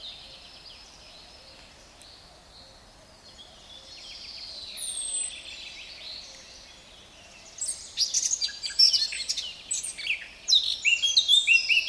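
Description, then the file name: Eurasian blackcap song: soft, quiet warbling at first, then a loud, fast outburst of high chattering and whistled notes. "Sylvia atricapilla"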